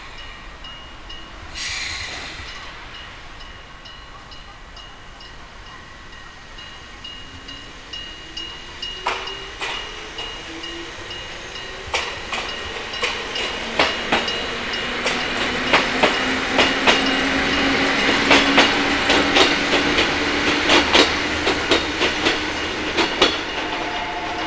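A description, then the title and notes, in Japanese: An old railroad crossing clangs at a station platform, its sharp strikes growing denser and louder as a train hums underneath. 彦根駅のホームにて（旧式踏切）。近江鉄道のホームで録音したもので、踏切音を絡めてみました。ちょっぴり物悲しげな音色が印象的です。旧式踏切の音。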